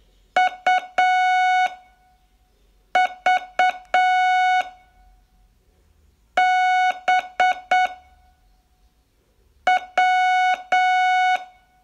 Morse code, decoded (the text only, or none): U V B W